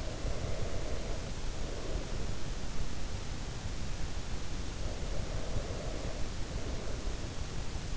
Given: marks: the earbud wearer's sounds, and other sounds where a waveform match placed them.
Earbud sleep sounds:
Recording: sounds in sleep by an in-ear microphone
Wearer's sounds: breath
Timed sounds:
0.00-2.98 s: breath
4.91-7.38 s: breath

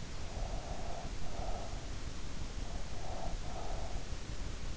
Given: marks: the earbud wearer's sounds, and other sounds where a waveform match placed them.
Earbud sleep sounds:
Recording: sounds in sleep by an in-ear microphone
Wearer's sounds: breath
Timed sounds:
0.09-2.02 s: breath
2.73-4.36 s: breath

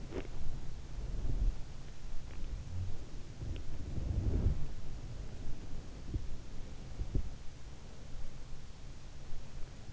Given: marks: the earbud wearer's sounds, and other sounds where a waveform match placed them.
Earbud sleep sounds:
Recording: sounds in sleep by an in-ear microphone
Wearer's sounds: teeth grinding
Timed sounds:
0.00-0.40 s: teeth grinding
3.27-5.91 s: sound from someone else or the room

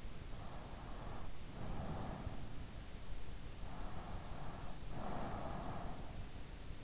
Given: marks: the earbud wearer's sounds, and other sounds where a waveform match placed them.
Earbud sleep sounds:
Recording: sounds in sleep by an in-ear microphone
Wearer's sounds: breath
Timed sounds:
0.33-2.56 s: breath
3.85-6.19 s: breath

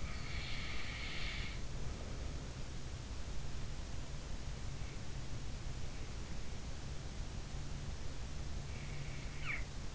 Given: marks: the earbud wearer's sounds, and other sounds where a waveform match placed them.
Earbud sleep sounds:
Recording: sounds in sleep by an in-ear microphone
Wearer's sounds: breath, snoring breath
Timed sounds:
0.00-2.65 s: breath
9.41-9.63 s: snoring breath

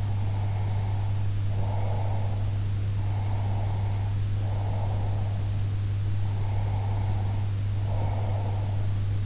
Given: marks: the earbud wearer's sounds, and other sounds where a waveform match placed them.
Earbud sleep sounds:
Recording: sounds in sleep by an in-ear microphone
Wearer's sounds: breath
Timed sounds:
0.00-2.57 s: breath
3.03-5.49 s: breath
6.14-8.89 s: breath

